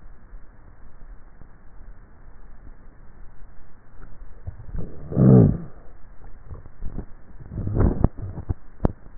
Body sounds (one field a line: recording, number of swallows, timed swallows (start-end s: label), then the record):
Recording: swallowing sounds by neck microphone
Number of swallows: 2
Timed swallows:
4.05-4.92 s: swallow
6.25-7.08 s: swallow
From the record:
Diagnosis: dysphagia